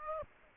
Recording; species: mosquito wingbeat signal from an infrared sensor; Aedes aegypti